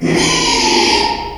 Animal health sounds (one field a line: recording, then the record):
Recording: squeal of a Yucatan mini pig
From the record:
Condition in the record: after surgery on the right vocal fold (resection and tissue-engineered implant)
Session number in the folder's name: 2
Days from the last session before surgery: 13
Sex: male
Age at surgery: 12 weeks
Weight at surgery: 13 kg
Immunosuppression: cyclosporine, prednisolone